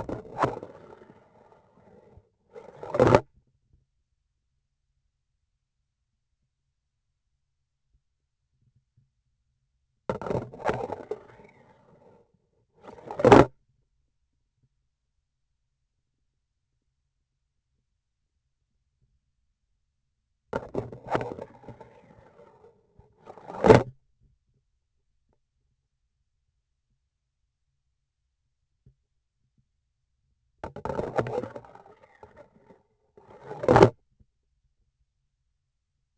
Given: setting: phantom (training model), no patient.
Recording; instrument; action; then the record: laparoscopic instrument, vibration sensor on the handle end; grasping forceps; insertion and removal through the trocar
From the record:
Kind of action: spatial motion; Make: other than Olympus